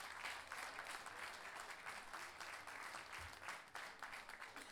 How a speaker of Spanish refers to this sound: Por favor, un aplauso para ellos y comiencen esta noche.